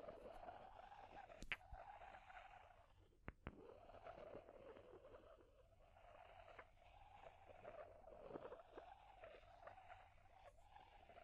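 A fire crackles with a steady, wavering mid-pitched roar underneath, rising and falling in slow swells. Sharp taps cut through near 1.5 seconds and twice around 3.3 seconds, with small scattered crackles and scratchy ticks throughout.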